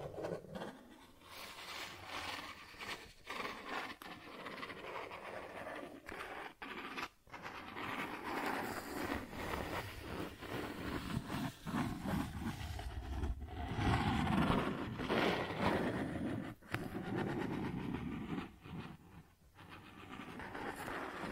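Cardboard is scratched and traced in a dense, rough rasp that runs almost without pause, broken by brief silent gaps near 3, 7, 13, 16 and 19 seconds. The scraping grows louder and heavier around 14 to 15 seconds, then eases off.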